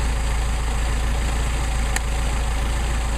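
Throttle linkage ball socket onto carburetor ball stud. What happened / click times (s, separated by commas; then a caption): The linkage ball socket snapped onto its stud / 2.0 s. With a 190SL engine idling steadily, the throttle linkage ball socket is snapped onto its ball stud on a Solex carburetor. A single short, sharp snap at 2.0 s cuts through the continuous engine hum, and the joint seats while the idle stays unchanged.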